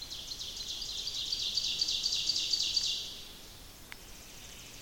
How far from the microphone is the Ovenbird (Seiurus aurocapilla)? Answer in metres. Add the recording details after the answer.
about 55 m. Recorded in boreal forest in Alberta, Canada, on 28 May 2016 at 05:35. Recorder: SongMeter 3, array SBT-3-49. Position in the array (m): 109 m, 135 m. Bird 15